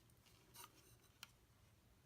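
In jet mode, the plastic nose cone of a Transformers Cyber Battalion Universal Studios Exclusive Starscream figure is pressed into the body after it was not fully clicking into place, possibly because of the landing gear. A soft handling rustle comes around 0.6 s, then a single sharp plastic click at 1.2 s as the nose cone seats.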